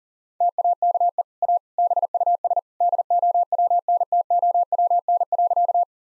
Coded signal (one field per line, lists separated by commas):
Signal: Morse code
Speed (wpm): 37 wpm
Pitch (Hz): 700 Hz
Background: none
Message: TAKE A BUS DOWNTOWN.